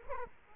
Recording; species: mosquito wingbeat signal from an infrared sensor; Culex quinquefasciatus